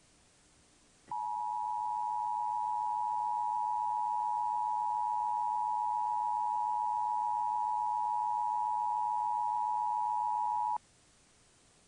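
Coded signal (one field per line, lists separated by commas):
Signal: Emergency Alert System (SAME) tones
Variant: 853 and 960 Hz attention tone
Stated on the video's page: Emergency Broadcast System test aired by a TV station, recorded off-air during a daytime soap opera commercial break.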